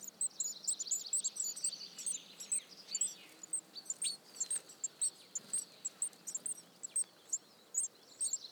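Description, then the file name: Eurasian blue tit calls: sharp, high-pitched notes repeated about twice a second, mixed with lower, buzzy trilling in the first seconds. "Cyanistes caeruleus"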